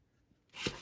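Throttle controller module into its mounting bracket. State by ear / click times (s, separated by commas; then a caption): not seated / none. A plastic Pedal Commander throttle controller module for a Chrysler 300S is pressed by hand toward its plastic mounting bracket. A faint, quiet first half gives way to a broad rustling scrape from about 0.5 s that peaks near 0.7 s. Nothing has seated or clicked yet.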